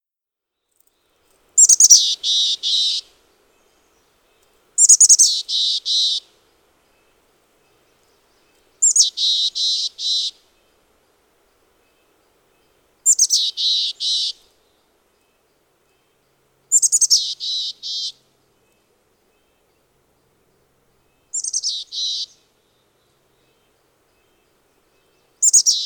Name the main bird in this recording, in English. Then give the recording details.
Mountain Chickadee. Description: Mountain Chickadee call recorded on the Cub Lake Trail in Rocky Mountain National Park. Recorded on 24 June 2015